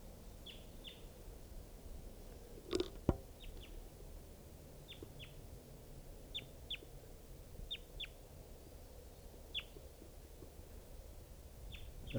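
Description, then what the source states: Crossbill calls, repeated sharp downward chip notes often in pairs throughout, with a loud clatter near the start and constant low rumble. Wild bird, recorded at Tucson; the bird was not seen.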